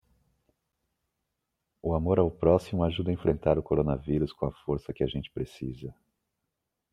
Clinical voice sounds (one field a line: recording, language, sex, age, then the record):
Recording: spoken sentence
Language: Brazilian Portuguese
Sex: male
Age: 30 to 39 years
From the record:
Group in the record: control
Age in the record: 36 years